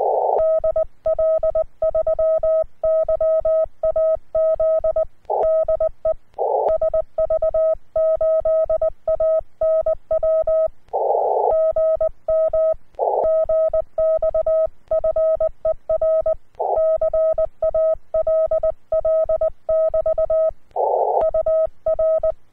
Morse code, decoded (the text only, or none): DL3YAZ DE SV8ANW GM GXFER CALL <BT> UR